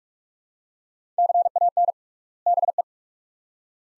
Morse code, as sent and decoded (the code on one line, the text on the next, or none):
-.-. .- -. / -... .
CAN BE